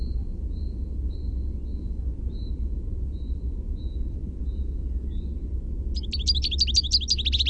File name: AMGO song